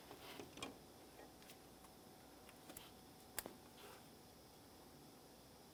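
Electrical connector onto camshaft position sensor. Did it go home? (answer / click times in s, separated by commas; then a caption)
yes / 3.4 s. An electrical connector is pressed onto a new camshaft position sensor on a 2017-2024 GMC Acadia 3.6L V6, and the red locking tab is pushed in. A few faint ticks and handling sounds come before a sharp click at 3.4 s, when the connector seats and latches.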